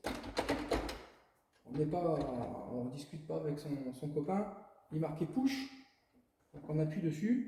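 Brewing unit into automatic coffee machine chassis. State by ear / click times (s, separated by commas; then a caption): not seated / none. The cleaned and greased plastic brewing unit of a De'Longhi automatic coffee machine is slid back into the machine's chassis and handled toward the spot marked "push," with two short knocks near the start while someone talks. The unit has to be pressed firmly so it clips in properly; otherwise it sits crooked and jams in the chassis when it rises. Nothing has seated or clicked yet.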